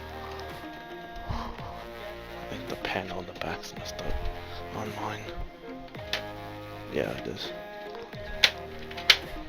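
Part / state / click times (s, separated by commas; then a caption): rear plastic panel onto game console housing / seated / 8.4 s, 9.1 s. A damaged rear plastic panel is pressed onto an Xbox game console housing while someone talks over background music. Two sharp clicks at 8.4 s and 9.1 s mark the back panel clips snapping together, and the panel is seated.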